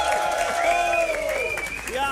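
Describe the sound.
A hall full of quiz teams and audience at the NPO Radio 1 Oliebollenquiz in De Vorstin, Showbiz City Hilversum, applauds and cheers steadily for about two seconds, dense clapping mixed with loud whoops and sustained shouted voices rising and falling over the noise.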